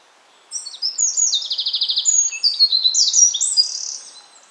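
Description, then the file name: Eurasian wren song: a fast, loud outpouring of high, sharp notes with a rapid rattling trill in the middle, ending in bright warbled phrases, lasting about four seconds. "Troglodytes troglodytes"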